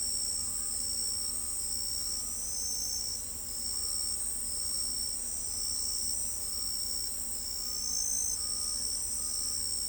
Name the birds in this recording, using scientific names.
none